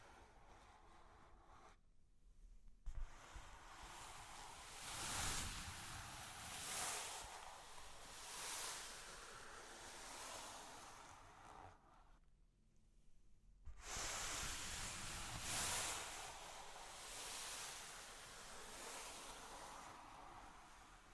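Rough, hissy scratching and tracing over cork and wood swells and fades continuously, with brief pauses near two and thirteen seconds and a soft knock.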